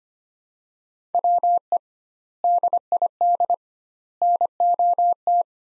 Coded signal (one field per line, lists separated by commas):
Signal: Morse code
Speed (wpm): 25 wpm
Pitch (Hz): 700 Hz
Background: none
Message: WE DID NOT